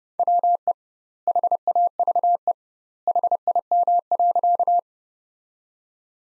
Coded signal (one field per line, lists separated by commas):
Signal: Morse code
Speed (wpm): 32 wpm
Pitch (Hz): 700 Hz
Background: none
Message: WE HAVE HIM.